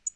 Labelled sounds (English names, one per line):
Tennessee Warbler flight call